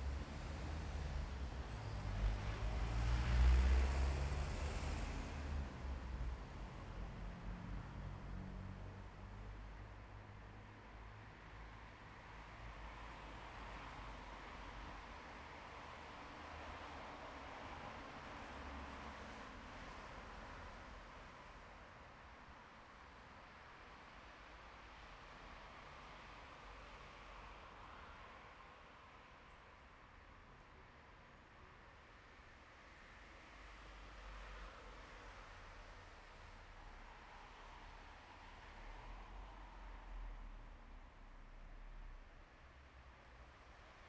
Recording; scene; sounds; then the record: everyday scene through a hearing-aid microphone; in traffic; traffic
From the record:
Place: bus stop on a city main road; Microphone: behind the ear, left, front